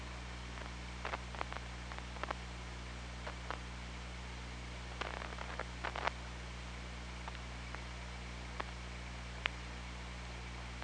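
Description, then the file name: Killer whale clicks: scattered sharp clicks with a denser burst partway through, set against constant low hum and hissing water noise. Recorded by OrcaLab hydrophone on 24 August 2017 at 02:54. "Orca Lab UTLN JASON 20170824 025443"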